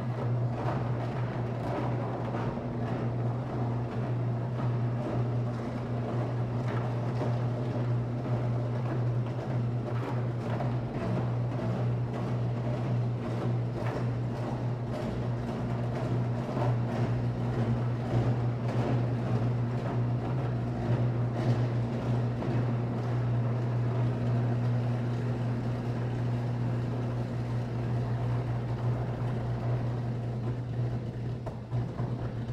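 An electric arc furnace roars steadily through meltdown, a deep constant hum under dense, continuous crackling and sputtering bursts at an unchanging loudness.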